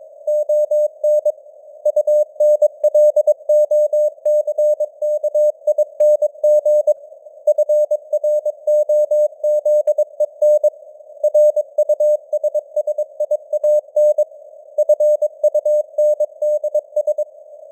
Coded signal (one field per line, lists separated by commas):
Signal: Morse code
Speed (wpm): 22 wpm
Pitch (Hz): 600 Hz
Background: none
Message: ON UNLOCKING FROZEN RUSSIAN FUNDS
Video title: Morse Code News | 2025-12-12 | 22wpm